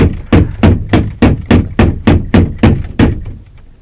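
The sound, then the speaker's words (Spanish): A door knocker bangs against a house door for the third and last time, about ten times in a fast, steady rhythm, each heavy metallic thud loud and sharp, before the sound fades into quiet. “Volvió sobre sus pasos hasta la puerta, batiendo por tercera y última vez el aldabón.”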